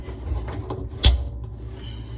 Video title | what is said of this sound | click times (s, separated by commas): How to Replace dripping Kitchen Faucet. It's easier than you might think! | you're gonna put it in until you hear a click | 1.0 s